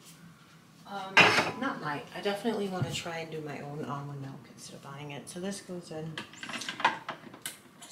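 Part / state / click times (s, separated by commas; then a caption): juicer filter insert into juicing bowl / seated / 7.5 s. Someone talks while a Hurom juicer's filter/strainer insert is pushed into the juicing bowl, with brief clattering knocks just before. A click at 7.5 s shows the insert is seated in place.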